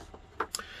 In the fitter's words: my liking i'm gonna go ahead and pop that back off just like that